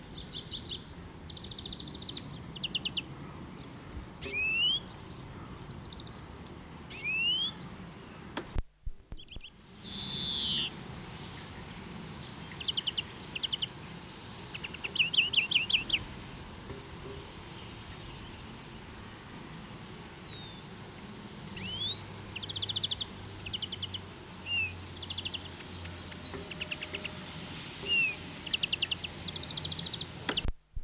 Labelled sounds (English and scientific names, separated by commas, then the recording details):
European Greenfinch (Chloris chloris)
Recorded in the wild
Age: adult
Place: Kaiserslautern, Rheinland-Pfalz, DE
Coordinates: 49.4284, 7.7786
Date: 1978-03-28
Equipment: Nagra IV, Sennheiser MKH 405, Parabolreflektor
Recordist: Tretzel, Erwin